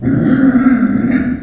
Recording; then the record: squeal of a Yucatan mini pig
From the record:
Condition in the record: after surgery on the right vocal fold (resection and tissue-engineered implant); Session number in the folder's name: 3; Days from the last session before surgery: 21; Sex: female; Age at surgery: 19 weeks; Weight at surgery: 25 kg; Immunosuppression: prednisolone